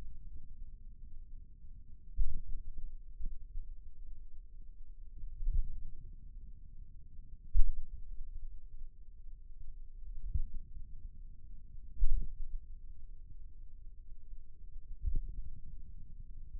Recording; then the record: forearm muscle sounds (acoustic myography)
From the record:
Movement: finger pinch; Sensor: system 2, bracelet of six BSWA MPA416 microphones around the upper forearm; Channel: 4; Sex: male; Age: 22 years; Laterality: right